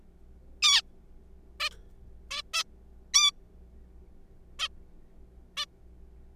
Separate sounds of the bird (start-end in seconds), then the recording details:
0.62-0.82, 1.60-1.69, 2.31-2.42, 2.54-2.63, 3.14-3.31, 4.59-4.68, 5.57-5.65. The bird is a juvenile. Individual R3428